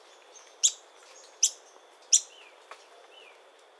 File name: Montane foliage gleaner